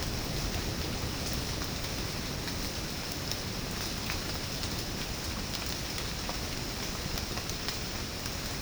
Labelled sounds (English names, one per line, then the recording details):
none
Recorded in secondary vegetation near Puerto Asís, Putumayo, Colombia, on 12 March 2025 at 08:00
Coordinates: 0.481, -76.318
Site G097